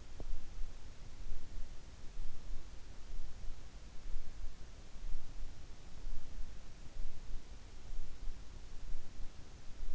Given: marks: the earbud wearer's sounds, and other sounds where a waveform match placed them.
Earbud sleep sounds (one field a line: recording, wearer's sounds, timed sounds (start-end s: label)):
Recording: sounds in sleep by an in-ear microphone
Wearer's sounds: teeth grinding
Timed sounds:
0.00-0.42 s: teeth grinding